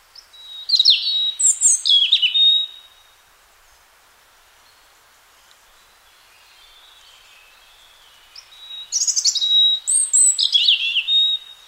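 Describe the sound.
Robin song in two bursts of high, thin warbling and trilled notes, separated by a pause of about six seconds with only faint, soft sounds between.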